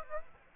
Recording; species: mosquito wingbeat signal from an infrared sensor; Aedes aegypti